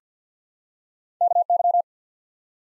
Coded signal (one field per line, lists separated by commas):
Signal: Morse code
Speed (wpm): 45 wpm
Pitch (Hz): 700 Hz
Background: none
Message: KY